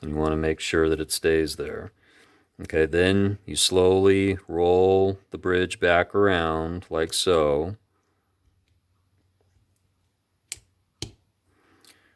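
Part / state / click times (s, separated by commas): bridge assembly into a conventional fishing reel frame / seated / 10.5 s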